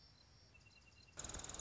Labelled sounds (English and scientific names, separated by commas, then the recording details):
Song Sparrow (Melospiza melodia)
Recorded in Sonoma County, California